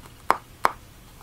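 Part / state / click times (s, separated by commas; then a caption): plastic model kit articulation joint in the figure's limb part / seated / 0.3 s, 0.7 s. Segments of a limb part from a Kotobukiya Zone of the Enders Jehuty Anubis ver. plastic model kit, which has three points of articulation, are rotated through their tight ratchet joints. Two sharp clicks ring out at 0.3 s and 0.6 s as each joint clicks into position. The joints lock into place stiffly and hold well.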